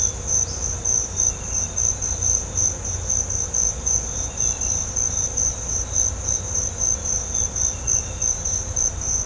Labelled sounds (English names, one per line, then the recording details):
none
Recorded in pastures near Puerto Asís, Putumayo, Colombia, on 16 December 2024 at 06:00
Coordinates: 0.502, -76.324
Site G077